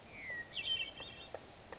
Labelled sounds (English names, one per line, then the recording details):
Hermit Thrush
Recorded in Sonoma County, California